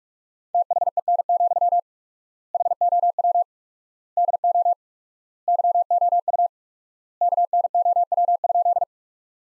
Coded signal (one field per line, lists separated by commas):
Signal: Morse code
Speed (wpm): 46 wpm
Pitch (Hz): 700 Hz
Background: none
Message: THEN, HOW DO YOU KNOW?